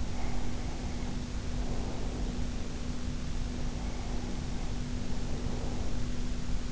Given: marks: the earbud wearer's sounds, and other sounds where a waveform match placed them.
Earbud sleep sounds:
sounds in sleep by an in-ear microphone; breath
0.26-2.91 s: breath
3.45-6.25 s: breath

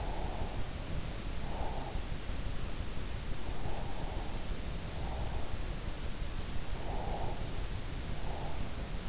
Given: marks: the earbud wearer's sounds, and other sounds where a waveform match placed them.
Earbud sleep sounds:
sounds in sleep by an in-ear microphone; breath
0.00-2.04 s: breath
3.51-5.64 s: breath
6.78-8.78 s: breath

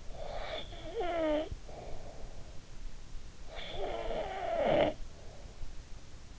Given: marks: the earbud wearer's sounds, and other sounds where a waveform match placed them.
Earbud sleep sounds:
sounds in sleep by an in-ear microphone; snoring breath
0.01-2.58 s: snoring breath
3.16-5.76 s: snoring breath

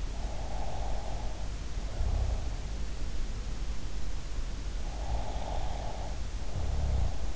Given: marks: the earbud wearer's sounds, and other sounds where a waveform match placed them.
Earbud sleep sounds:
sounds in sleep by an in-ear microphone; snoring breath
0.08-2.66 s: snoring breath
4.97-7.36 s: snoring breath

